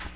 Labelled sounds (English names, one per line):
Magnolia Warbler flight call